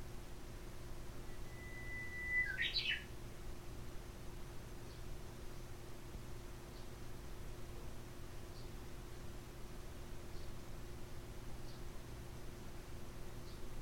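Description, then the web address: Japanese bush warbler singing once: a sustained pure whistle followed by a rapid tumbling flourish, then scattered faint high ticks against a quiet humming background. "lovepostpet uguisu"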